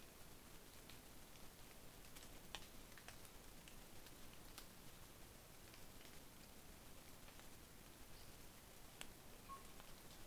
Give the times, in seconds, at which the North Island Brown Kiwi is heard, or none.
none